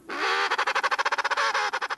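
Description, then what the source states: Penguin song: loud harmonic trumpeting, steady stretches alternating with many rapid, even pulses. Played example from the 2013 BBC miniseries Penguins: Spy in the Huddle; penguins in a colony singing to a robotic baby penguin spy camera.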